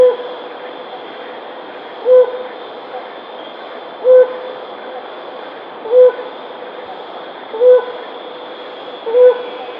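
Helmeted hornbill calling with short, clear hoots on one pitch, about every two seconds, coming slightly closer together.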